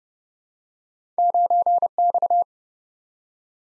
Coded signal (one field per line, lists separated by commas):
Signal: Morse code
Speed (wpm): 30 wpm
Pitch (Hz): 700 Hz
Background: none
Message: 9X